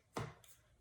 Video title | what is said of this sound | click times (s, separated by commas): DIY Photo Mug Tutorial using Sublimation and a Convection Oven/ Personalized Christmas Gift | uh and you heard the click | 0.2 s